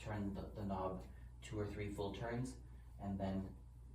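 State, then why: Not seated. The fork locking knob on a folding bike frame is handled while being pushed down and turned two or three full turns, as someone talks throughout. Nothing has seated or clicked yet; the knob has not ratcheted home.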